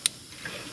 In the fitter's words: there's that satisfying click